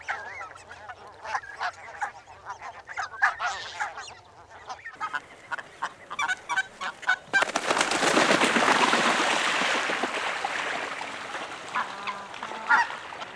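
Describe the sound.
Barnacle goose calls: short, yapping barks repeated rapidly and overlapping, then a loud steady rushing noise swamps the second half.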